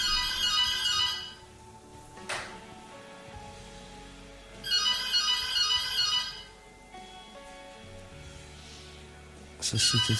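A telephone rings in bright, buzzy bursts, two full rings separated by a few seconds of quiet and a third starting just as it ends, over a low steady background.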